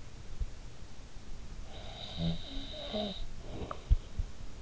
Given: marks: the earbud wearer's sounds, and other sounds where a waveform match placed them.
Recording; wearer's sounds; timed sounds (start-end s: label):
sounds in sleep by an in-ear microphone; snoring breath
1.70-4.16 s: snoring breath